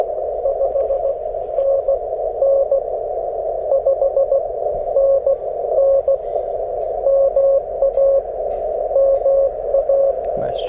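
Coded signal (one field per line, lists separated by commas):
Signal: Morse code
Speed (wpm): 18 wpm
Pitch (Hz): 550 Hz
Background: speech, radio noise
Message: 5NN 5NN MA MA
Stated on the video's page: CW Parks on the Air activation, multi-operator.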